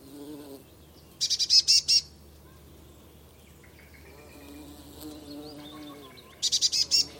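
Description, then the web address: Eurasian blue tit call: two quick bursts of five or six harsh, buzzy high notes, about five seconds apart, with a continuous low droning hum underneath. "Deverinetal 2025 File origin Bird Only Cy Ca"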